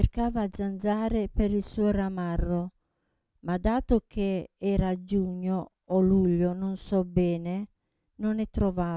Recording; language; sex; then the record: read passage; Italian; female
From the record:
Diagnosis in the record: Parkinson's disease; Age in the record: 67 years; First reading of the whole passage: 79 s, 6.5 characters per second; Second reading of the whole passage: 74 s, 7.0 characters per second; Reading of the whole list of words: 72 s, 3.9 characters per second